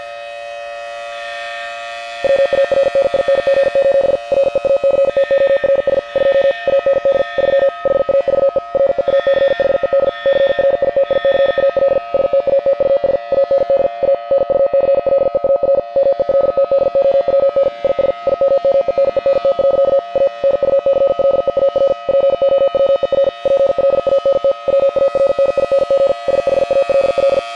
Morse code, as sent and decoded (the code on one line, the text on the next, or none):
.-- .- .-. -. .. -. --. ---... / .-. . .- -.-. - --- .-. ... / ..--- / .- -. -.. / ...-- / .... .- ...- . / .-. . .- -.-. .... . -.. / -.-. .-. .. - .. -.-. .- .-.. / ... - .- - ..- ... / .- -. -.. / .- / -. ..- -.-. .-.. . .- .-. / -- . .-.. - -.. --- .-- -. / .. ... / .. -- -- . -. . -. - .-.-.- / .- / -. ..- -.-. .-.. . .- .-. / .--. --- .-- . .-. / .--. .-.. .- -. - / .-- .- .-. -. .. -. --. / ... .... .- .-.. .-..
WARNING: REACTORS 2 AND 3 HAVE REACHED CRITICAL STATUS AND A NUCLEAR MELTDOWN IS IMMENENT. A NUCLEAR POWER PLANT WARNING SHALL